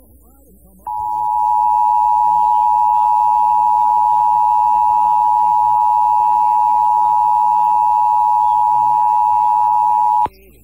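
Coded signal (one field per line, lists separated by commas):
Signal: Emergency Alert System (SAME) tones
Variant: 853 and 960 Hz attention tone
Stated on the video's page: EAS alert heard on FM radio station 101.3.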